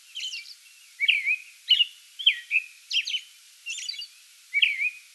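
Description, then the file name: American robin song, steady caroling: low whistled phrases interleaved with high squeaky notes in quick succession. Pre-dawn song bout recorded 8 May 2022. "2022-05-08 American Robin pre-dawn song bout"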